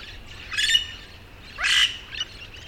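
Yellow-shouldered parrot calling two loud, hoarse squawks, the second drawn out and brassy, followed by a brief clipped note.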